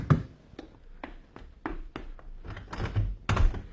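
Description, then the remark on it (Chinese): A series of dull thumps on a door, about a dozen knocks in an uneven rhythm, growing louder and more insistent toward the end, with no voices. “谁呀、 啊？开门啊！”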